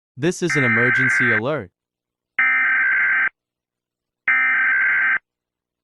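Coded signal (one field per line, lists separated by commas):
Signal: Emergency Alert System (SAME) tones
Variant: header bursts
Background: speech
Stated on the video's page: Simulated meme EAS scenario.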